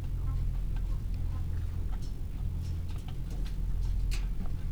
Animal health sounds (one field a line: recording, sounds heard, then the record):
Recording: poultry house recording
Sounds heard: sick chickens (respiratory disease)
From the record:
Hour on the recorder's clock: 15